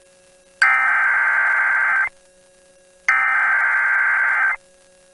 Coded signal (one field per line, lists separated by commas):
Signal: Emergency Alert System (SAME) tones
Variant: header bursts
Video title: EAS Mini-Timeline Minnesota State Fair Storms, Flooding and an AMBER Alert NOAA Weather Radio